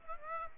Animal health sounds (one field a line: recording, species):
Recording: mosquito wingbeat signal from an infrared sensor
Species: Aedes aegypti